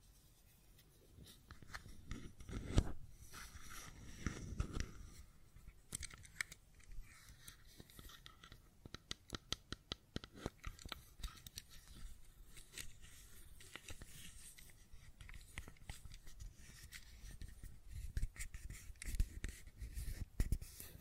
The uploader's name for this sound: Fidget Cube Tapping and Clicking Sounds